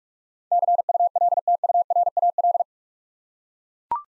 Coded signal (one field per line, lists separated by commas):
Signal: Morse code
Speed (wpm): 44 wpm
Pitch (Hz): 700 Hz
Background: none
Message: CULTURAL